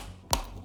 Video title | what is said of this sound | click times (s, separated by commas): BEST 👑 $1800 4K Gaming PC Build Guide for 2025! | so when you have this give it a firm press make sure you hear an audible click | 0.3 s